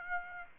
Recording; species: mosquito wingbeat signal from an infrared sensor; Aedes aegypti